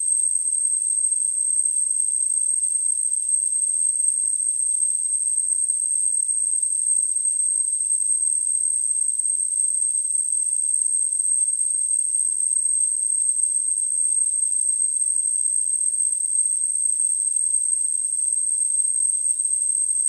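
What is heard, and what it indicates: A steady, very high-pitched whistling tone holds unchanged for about 20 seconds over a faint hiss, with no pulsing or breaks. This is a simulated tinnitus sound, imitating the constant ringing a person with tinnitus perceives.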